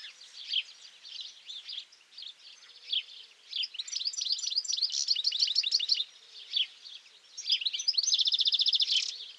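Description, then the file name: European goldfinch song: bright liquid twittering that quickens into dense chattering runs, ending in a buzzy trill. "Carduelis carduelis"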